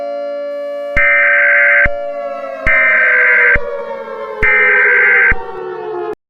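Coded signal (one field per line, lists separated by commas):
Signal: Emergency Alert System (SAME) tones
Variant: header bursts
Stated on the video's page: Fictional EAS scenario.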